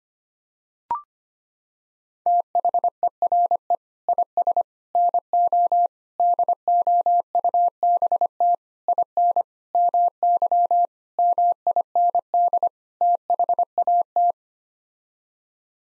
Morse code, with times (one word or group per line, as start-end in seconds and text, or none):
2.3-3.8 THERE
4.1-4.6 IS
5.0-5.9 NO
6.2-8.5 DOUBT
8.9-9.4 IN
9.7-10.9 MY
11.2-12.7 MIND
13.0-14.3 THAT